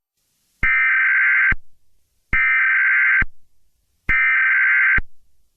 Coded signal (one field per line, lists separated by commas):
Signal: Emergency Alert System (SAME) tones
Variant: header bursts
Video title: Toxic heat - EAS scenario